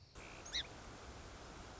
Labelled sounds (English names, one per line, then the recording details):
Song Sparrow
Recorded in Sonoma County, California